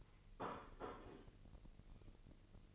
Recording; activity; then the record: daily activity, microphone in the room; place plate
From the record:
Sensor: 4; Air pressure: 1008.3 hPa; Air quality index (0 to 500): 82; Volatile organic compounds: 1 ppm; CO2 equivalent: 650 ppm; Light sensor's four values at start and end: 12/29/11/11 and 12/29/11/11